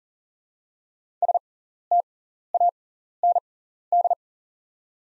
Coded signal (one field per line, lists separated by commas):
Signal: Morse code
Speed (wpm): 40 wpm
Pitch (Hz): 700 Hz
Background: none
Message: STAND